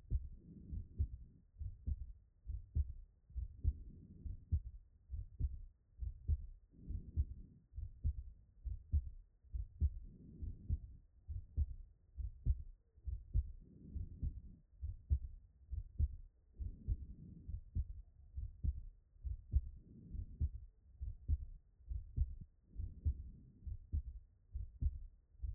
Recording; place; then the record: heart sounds by stethoscope; pulmonary valve (PV)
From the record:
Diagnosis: non-HFrEF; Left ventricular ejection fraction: 57%